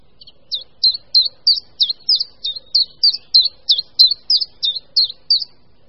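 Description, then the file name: Common chiffchaff song, a brisk run of many high, clipped notes see-sawing in pitch at a steady pace, with little else audible. "Budníček-menší"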